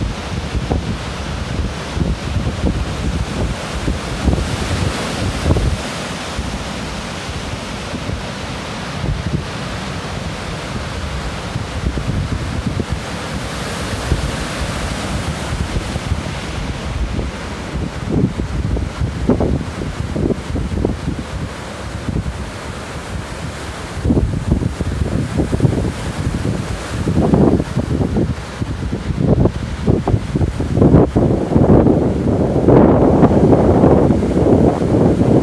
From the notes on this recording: Sand City Beach in Sand City, California.